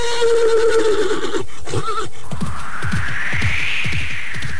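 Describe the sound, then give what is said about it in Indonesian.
A restless horse at a hut lets out a loud, shrill whinny that wavers and breaks off, followed by a quick run of heavy hoofbeats thudding unevenly beneath a thin, rising squeal as it runs away from the hut. “Oh, Pangrango, lihat, kuda itu pergi meninggalkan pondok ini.”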